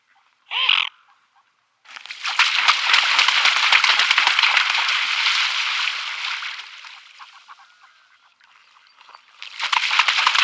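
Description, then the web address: Mute swan: one short call, then a long run of rhythmic, throbbing beats that fade and then return. "Schulze Peter Mute Swan"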